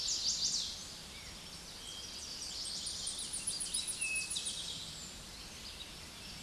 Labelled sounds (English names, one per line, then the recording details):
Tennessee Warbler song
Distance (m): 35 m
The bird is about 15 m above the microphone
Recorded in a Pennsylvania forest on 16 May 2024 at 07:16
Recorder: AudioMoth, point MSD-1534
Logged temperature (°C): 15.6 °C
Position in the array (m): 20 m, 44 m